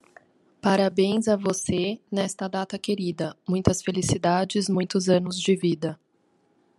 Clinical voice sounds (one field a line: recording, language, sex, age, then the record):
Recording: short text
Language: Brazilian Portuguese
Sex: female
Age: 30 to 39 years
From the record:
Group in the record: control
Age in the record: 39 years